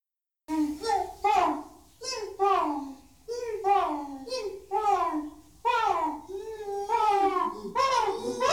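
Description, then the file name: Chimpanzee calls: a series of harmonic hoots and cries, mostly falling in pitch, with short gaps between them. "Sound Effects Factory - Chimpanzees Pan troglodytes"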